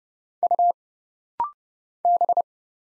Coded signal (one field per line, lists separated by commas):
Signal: Morse code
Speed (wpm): 31 wpm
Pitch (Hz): 700 Hz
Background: none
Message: U B